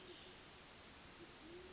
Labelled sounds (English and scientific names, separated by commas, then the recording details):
Band-tailed Pigeon (Patagioenas fasciata)
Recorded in Sonoma County, California